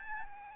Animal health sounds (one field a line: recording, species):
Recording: mosquito wingbeat signal from an infrared sensor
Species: Aedes albopictus